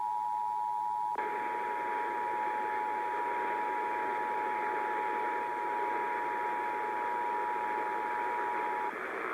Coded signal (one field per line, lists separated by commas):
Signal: Emergency Alert System (SAME) tones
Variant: 853 and 960 Hz attention tone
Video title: Iowa Required Monthly Tests (EAS #100-103)